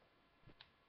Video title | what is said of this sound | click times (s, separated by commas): favorite femnine products! | you wait till you hear the little click that's why it's called the you bu CeX click | 0.6 s